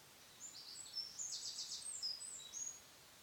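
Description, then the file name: Eurasian wren calling: high, fast, scratchy trilled notes in short bursts, densest in the middle, with a faint noisy background. "Troglodytes troglodytes"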